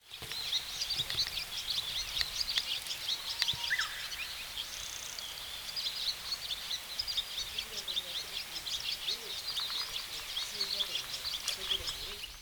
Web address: bird song tubame